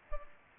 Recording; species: mosquito wingbeat signal from an infrared sensor; Culex pipiens